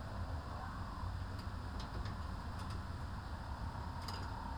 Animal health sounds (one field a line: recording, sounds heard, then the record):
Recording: poultry house recording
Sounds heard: healthy chickens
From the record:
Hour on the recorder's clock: 15